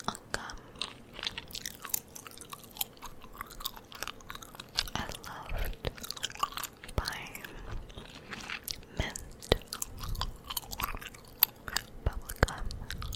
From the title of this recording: ASMR Gum Chewing